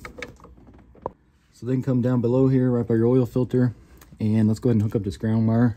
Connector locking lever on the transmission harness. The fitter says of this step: so once you get that lever down it's locked into place right there like that